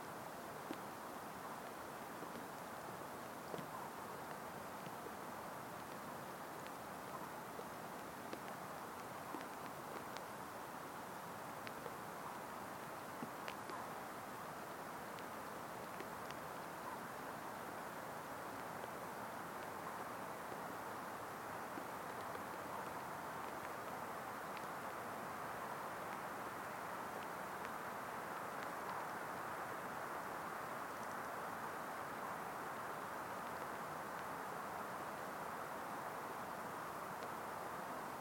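Soft rain falls steadily over heather, a dense, even patter that holds the same level for the whole recording. Tiny individual drop ticks flicker through the mid and upper range, with little low rumble beneath and no clear changes from start to finish.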